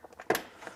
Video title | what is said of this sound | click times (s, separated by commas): Basket Case 2004 Yamaha R1 Rebuild - Final Assembly Part 5 | make sure you hear it clip then get that grommet all the way up on there | 0.3 s